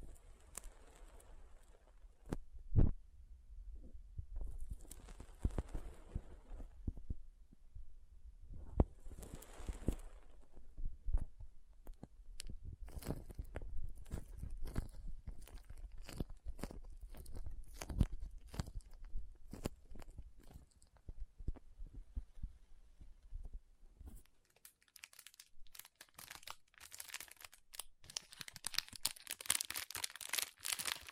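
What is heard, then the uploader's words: Soft, squishy, sticky handling sounds mix with crinkling and cutting. Irregular clicks and pops come thickly from about 10 to 21 seconds, with brief hissy swishes near 5 and 9 seconds. After a near-silent pause around 23 seconds, bright crinkling fills the final stretch. Soft Squishy Sticky, Crinkle, Cutting Sounds.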